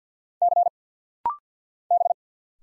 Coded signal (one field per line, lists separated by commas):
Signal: Morse code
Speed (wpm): 51 wpm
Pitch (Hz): 700 Hz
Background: none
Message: C B